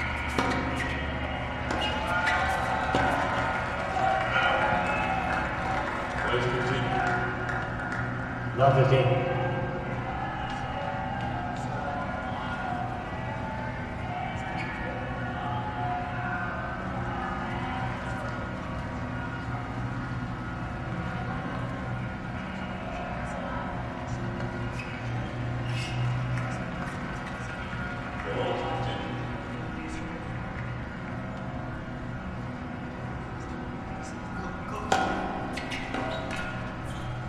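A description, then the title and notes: Ambient sound at the US Open tennis tournament in New York: a dense, steady murmur of voices over a low, continuous hum. Individual speakers come through now and then, and a few sharp knocks stand out near nine and thirty-five seconds. This is my annual exploration of sounds from the US Open Tennis tournament, held in New York at the end of each Summer. Spectral gate, delay, and reverb from Logic Pro were used to process some of the sounds, and synth ambience was created within Alchemy.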